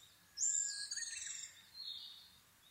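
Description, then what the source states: Asian brown flycatcher giving one high, thin, rapidly warbled phrase that fades into a softer trailing note. Nikko, Japan, 26 April 2011 at 4:39, 730 m altitude; recorded on a Sony PCM-D50 with Panasonic WM-61A microphone.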